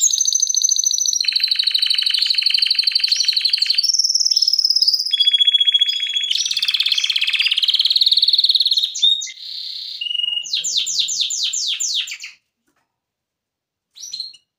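Canary song: long, fast, high trills in steady tours, each held a second or two before switching pitch, then a run of rapid sweeps, a pause and a brief final sound.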